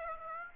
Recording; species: mosquito wingbeat signal from an infrared sensor; Aedes aegypti